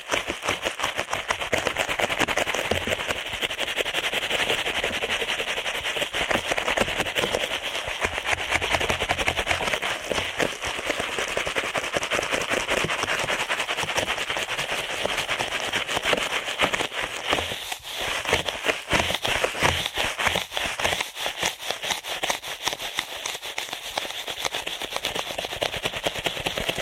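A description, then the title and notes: Ear cleaning sounds made of dense, rapid crackling and scratching that runs without pause for the whole stretch. The texture is bright and crisp, with a steady level throughout and a brief dip just before the eighteen-second mark before the crackle resumes. ASMR Ear Cleaning at Helicopter Speed for the Heavily Immune (No Talking).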